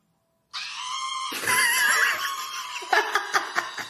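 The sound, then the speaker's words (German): A shrill, sustained human scream from an old film rises in pitch and intensity, then breaks into a series of choppy, rhythmic shrieks and gasps that sound almost like hysterical laughter. “Zum Abschluss gibt's noch einen wunderschönen Schrei aus dem alten Film S.”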